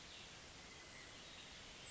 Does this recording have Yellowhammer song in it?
no